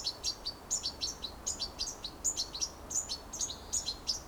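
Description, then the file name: European goldfinch calls in quick pairs and trios, bright and high with slight downward slides, over soft hiss. "Carduelis carduelis"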